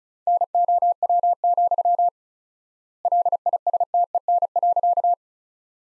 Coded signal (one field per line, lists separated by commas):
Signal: Morse code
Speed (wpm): 36 wpm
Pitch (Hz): 700 Hz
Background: none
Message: NOW, LISTEN.